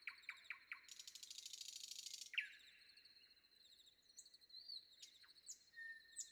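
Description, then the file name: Common nightingale singing: a few quick repeated notes, a loud harsh buzz, then varied whistled phrases and a short steady whistle. Recorded before dawn. "predawn nightingale"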